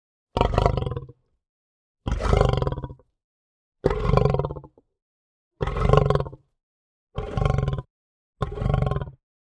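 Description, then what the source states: Lion growling, six deep rumbling growls, each under a second long, with short silences between. Lion growling calmly.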